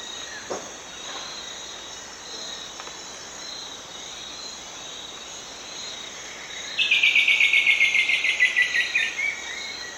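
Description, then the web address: Elegant woodcreeper giving a fast, slightly descending series of sharp repeated notes lasting about two seconds near the end, over a steady high insect chorus. Recorded in the eastern lowlands of South America. "Natures Songs S America Eastern Lowlands. Elegant Woodcreeper"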